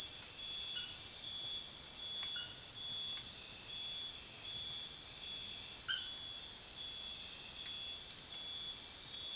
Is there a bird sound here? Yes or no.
no